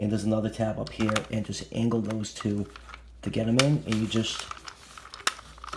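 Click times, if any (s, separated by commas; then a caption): 5.3 s. Someone talks while a plastic door is angled in by its two tabs and pushed into the body of a Mattel Jurassic World Destruct-A-Saurs Pteranodon Copter Attack Set toy helicopter. After a few light plastic ticks, a sharp click at 5.3 s marks the door seating home and completing the helicopter.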